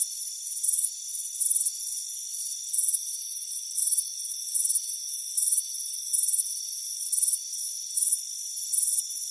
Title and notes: Soothing Crickets Chirping Sound. It's a warm afternoon as you relax in a hammock on the front porch. the soothing sound of chirping crickets. Deep Sleep Sounds